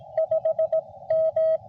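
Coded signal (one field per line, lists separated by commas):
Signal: Morse code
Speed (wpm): 22 wpm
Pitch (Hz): 690 Hz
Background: none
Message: 5 M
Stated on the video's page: CW contact during a Parks on the Air activation.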